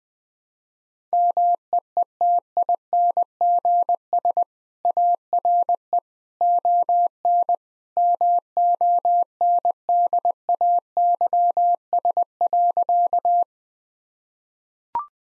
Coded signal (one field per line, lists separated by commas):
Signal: Morse code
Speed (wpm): 20 wpm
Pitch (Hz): 700 Hz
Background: none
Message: MEETINGS ARE ON MONDAYS.